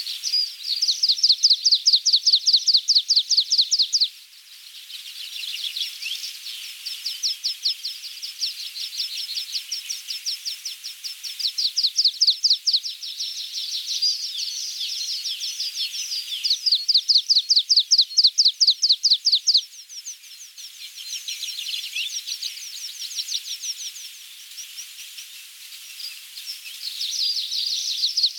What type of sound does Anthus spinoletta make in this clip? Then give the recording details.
song. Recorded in the wild. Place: NSG Feldberg / Südschwarzwald, Baden-Württemberg, DE. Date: 1984-06-21. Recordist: Schwarz, Dieter. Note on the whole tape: Song